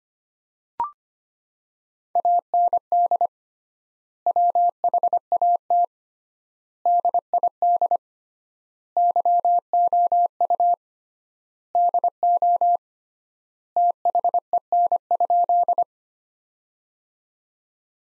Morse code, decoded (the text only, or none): AND WHAT DID YOU DO THEN?